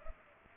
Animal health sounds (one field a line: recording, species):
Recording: mosquito wingbeat signal from an infrared sensor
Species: Culex pipiens